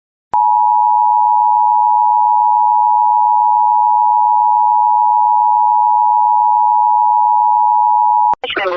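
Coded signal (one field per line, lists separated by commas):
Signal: Emergency Alert System (SAME) tones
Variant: 853 and 960 Hz attention tone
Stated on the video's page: Compilation of rare alerts including national emergency message, nationwide test, blue alert, nuclear power plant, radiological hazard, extreme wind, snow squall, ice storm, tsunami, law enforcement warnings.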